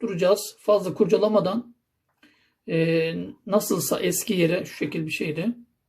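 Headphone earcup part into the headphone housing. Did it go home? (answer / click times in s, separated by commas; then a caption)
no / none. Someone talks while reassembling a wireless Bluetooth headphone, handling the earcup part and putting it back in its original position in the headphone housing, to be turned until it seats. A faint brief sound is heard at about 2.2 s between phrases of speech. Nothing has seated or clicked yet.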